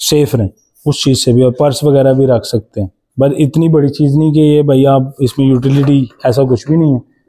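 A small storage compartment lid on a United US 150 motorcycle is being closed into the motorcycle's body panel while a man talks throughout. Nothing has latched or clicked yet by the end of the clip.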